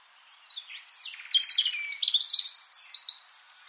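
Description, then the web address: European robin: a sweet, high, rippling phrase with a buzzy trill in the middle and several ringing whistled notes toward the end. "SETE data Erithacus rubecula"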